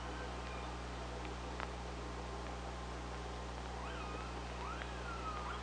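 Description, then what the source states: Killer whale calls: two faint, bending tonal calls near the end, one falling away in a downward glide, above a steady low hum and a few clicks. Recorded by OrcaLab hydrophone on 24 August 2017.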